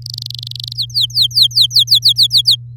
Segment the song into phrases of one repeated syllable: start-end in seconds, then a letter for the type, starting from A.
0.02-0.77 A, 0.77-2.56 B